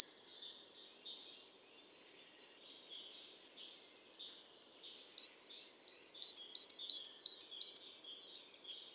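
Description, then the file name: Great tit calls: a brief fast high trill, soft scattered twitters, then a steady run of loud, sharp high chirps near the end. "Parus major"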